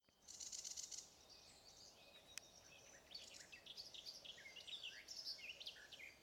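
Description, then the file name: Sedge warbler singing a hurried jumble of harsh chirps, buzzy rattles and quick whistled notes, starting with a dry trill and continuing as a busy medley; a sharp click partway through. "Acrocephalus schoenobaenus - Sedge Warbler"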